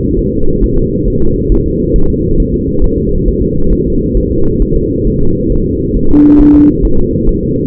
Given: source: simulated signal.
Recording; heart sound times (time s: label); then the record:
fetal heart sounds
0.19 s: S1
0.33 s: S2
0.64 s: S1
0.78 s: S2
1.08 s: S1
1.22 s: S2
1.52 s: S1
1.66 s: S2
1.96 s: S1
2.10 s: S2
2.40 s: S1
2.54 s: S2
2.84 s: S1
2.98 s: S2
3.28 s: S1
3.42 s: S2
3.73 s: S1
3.87 s: S2
4.17 s: S1
4.31 s: S2
4.62 s: S1
4.76 s: S2
5.07 s: S1
5.21 s: S2
5.52 s: S1
5.66 s: S2
5.97 s: S1
6.11 s: S2
6.41 s: S1
6.55 s: S2
6.85 s: S1
6.99 s: S2
7.29 s: S1
7.43 s: S2
From the record:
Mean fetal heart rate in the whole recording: 135 bpm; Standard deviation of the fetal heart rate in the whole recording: 3 bpm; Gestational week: 36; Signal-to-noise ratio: -17.7 dB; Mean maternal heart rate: 72 bpm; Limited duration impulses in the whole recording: present